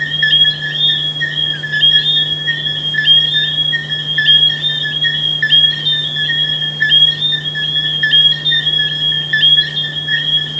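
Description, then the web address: Frog calls form a high-pitched ringing with frequent short gaps and clicks, set against an unbroken low hum. "humbot audio frogs"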